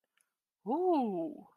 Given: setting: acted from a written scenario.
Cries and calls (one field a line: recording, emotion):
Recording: vocal sound without words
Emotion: elation